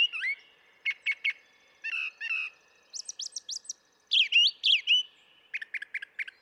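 Brown thrasher singing varied phrases in pairs and triplets, buzzy chirps and high slurred notes, with brief pauses.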